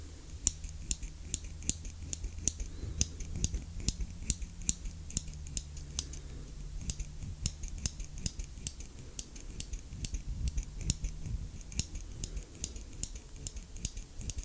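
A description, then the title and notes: Scissors snip steadily, sharp bright clicks coming about twice a second, over a low humming drone. Plucking, cord cutting and scissors.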